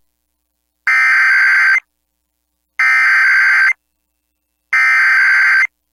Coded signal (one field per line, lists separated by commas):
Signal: Emergency Alert System (SAME) tones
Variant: header bursts